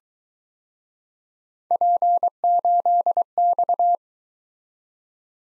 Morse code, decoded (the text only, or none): P8X